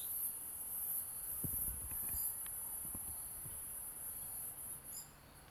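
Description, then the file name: Cicada song: high buzzy bursts starting and stopping, with low thumps and a few clicks in the first half. Recorded at Queenstown, Eastern Cape, South Africa. "P brunea Queenstown"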